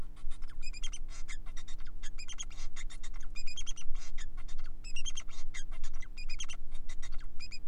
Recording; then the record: song of a male Bengalese finch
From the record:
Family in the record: son of father 4